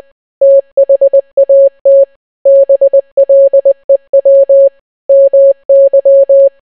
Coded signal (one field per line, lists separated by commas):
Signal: Morse code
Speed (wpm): 20 wpm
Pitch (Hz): 550 Hz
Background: none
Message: THAT BLEW MY